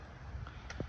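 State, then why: Seated. An illuminated plastic LED logo badge from a YURIK Accessories kit is pushed from behind into the front grille of a VW ID.4 over a low, steady background rumble. Short sharp clicks sound at 0.5 s, 0.7 s and 0.8 s as its retaining clips snap home, and the badge is seated in the grille.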